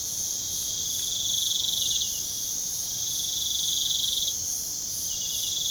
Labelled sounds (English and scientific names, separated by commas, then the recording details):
none
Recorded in pastures near Puerto Asís, Putumayo, Colombia, on 29 June 2025 at 00:00
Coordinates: 0.497, -76.327
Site G040